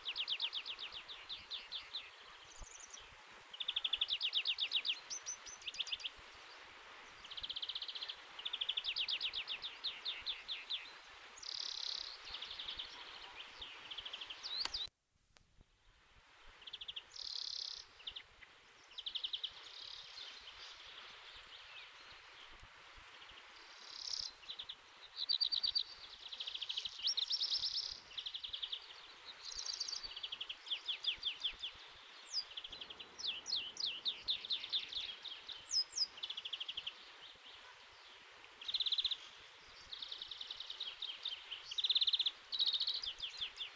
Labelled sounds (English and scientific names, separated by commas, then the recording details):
European Greenfinch (Chloris chloris) song
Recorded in the wild
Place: Oberstdorf, Bayern, DE
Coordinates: 47.3767, 10.3006
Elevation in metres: 915
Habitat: mountains
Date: 1977-03-25
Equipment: Nagra IV, Sennheiser MKH 405, Parabolreflektor
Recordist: Tretzel, Erwin
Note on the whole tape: Dietersbergalm, Oberstdorf: Gesang